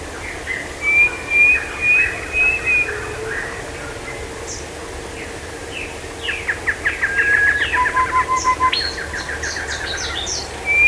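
Bird calls: high whistled notes in series, then a burst of busy chirps and a low trill, with a steady hum underneath.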